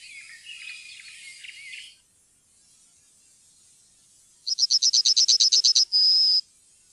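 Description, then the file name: Yellowhammer song: after some faint chattering, a rapid run of about a dozen high repeated notes ends in one long sustained whistle. "gulspurv"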